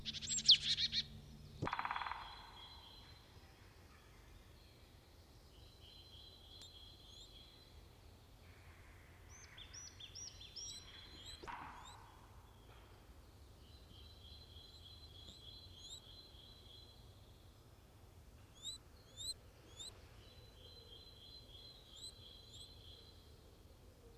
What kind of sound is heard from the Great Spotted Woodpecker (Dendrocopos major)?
drumming